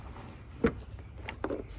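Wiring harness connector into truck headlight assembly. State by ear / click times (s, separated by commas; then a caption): not seated / none. The old wiring harness plug is pushed by hand into the back of a new plastic headlight assembly on a Chevy Silverado truck. Faint handling noise is followed by a sharp broadband knock around 0.6 s and short plastic taps near 1.3 s and 1.4 s. Nothing has seated or clicked yet.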